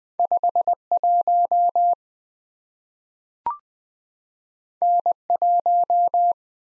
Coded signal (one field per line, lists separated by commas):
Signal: Morse code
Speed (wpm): 20 wpm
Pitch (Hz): 700 Hz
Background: none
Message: 51 N1